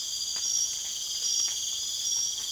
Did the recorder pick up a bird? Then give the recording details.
no. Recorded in secondary vegetation near Puerto Asís, Putumayo, Colombia, on 27 June 2025. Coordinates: 0.488, -76.319. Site G094